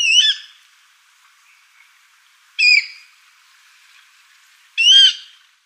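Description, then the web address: Water rail giving three loud, piercing squealing calls, each a short harsh burst, spaced a few seconds apart with quiet between. "Schulze Peter Water Rail calls"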